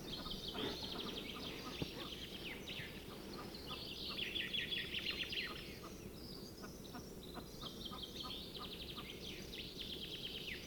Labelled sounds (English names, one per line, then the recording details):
Western Capercaillie call
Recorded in the wild
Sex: female
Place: Racu, Transilvania, RO
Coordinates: 46.452, 25.759
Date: 1973-04-22
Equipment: Nagra III BH, Sennheiser MD 21, parabola
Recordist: Schubert, Michael
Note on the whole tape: Auerhuhn - 2 Weibchen Weibchen mit "back back" - Rufen